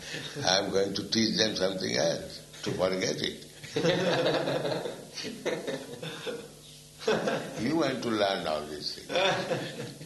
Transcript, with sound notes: I am going to teach them something else, to forget it. [laughter] You went to learn all these things.